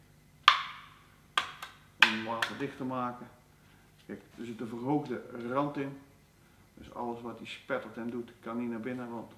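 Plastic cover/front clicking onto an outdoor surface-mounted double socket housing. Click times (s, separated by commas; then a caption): 0.5 s, 1.4 s. The plastic cover of an Opus IP55 double vertical outdoor wall socket is pressed shut after its two screws are tightened, giving two sharp, woody clicks at 0.5 s and 1.4 s as it seats watertight. Someone talks afterward.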